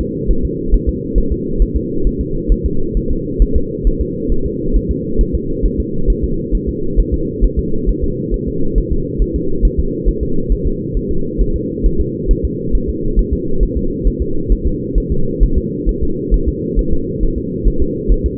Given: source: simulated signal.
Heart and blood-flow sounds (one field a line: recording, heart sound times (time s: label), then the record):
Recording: fetal heart sounds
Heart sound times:
0.01 s: S2
0.31 s: S1
0.45 s: S2
0.74 s: S1
0.89 s: S2
1.18 s: S1
1.32 s: S2
1.62 s: S1
1.76 s: S2
2.07 s: S1
2.21 s: S2
2.52 s: S1
2.66 s: S2
2.97 s: S1
3.11 s: S2
3.42 s: S1
3.56 s: S2
3.87 s: S1
4.01 s: S2
4.32 s: S1
4.46 s: S2
4.76 s: S1
4.91 s: S2
5.21 s: S1
5.35 s: S2
5.66 s: S1
5.80 s: S2
6.10 s: S1
6.24 s: S2
6.55 s: S1
6.69 s: S2
7.00 s: S1
7.14 s: S2
7.44 s: S1
7.59 s: S2
7.89 s: S1
8.04 s: S2
8.34 s: S1
8.48 s: S2
8.78 s: S1
8.92 s: S2
9.22 s: S1
9.36 s: S2
9.65 s: S1
9.79 s: S2
10.09 s: S1
10.23 s: S2
10.52 s: S1
10.67 s: S2
10.97 s: S1
11.11 s: S2
11.41 s: S1
11.56 s: S2
11.86 s: S1
12.01 s: S2
12.31 s: S1
12.45 s: S2
12.75 s: S1
12.89 s: S2
13.19 s: S1
13.33 s: S2
13.63 s: S1
13.77 s: S2
14.07 s: S1
14.22 s: S2
14.52 s: S1
14.67 s: S2
14.98 s: S1
15.12 s: S2
15.43 s: S1
15.58 s: S2
15.89 s: S1
16.03 s: S2
16.34 s: S1
16.48 s: S2
16.79 s: S1
16.93 s: S2
17.23 s: S1
17.38 s: S2
17.68 s: S1
17.82 s: S2
18.12 s: S1
18.26 s: S2
From the record:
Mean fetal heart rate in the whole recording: 135 bpm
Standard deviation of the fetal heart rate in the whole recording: 3 bpm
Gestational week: 36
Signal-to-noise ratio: -8.1 dB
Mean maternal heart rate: 72 bpm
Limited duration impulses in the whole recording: absent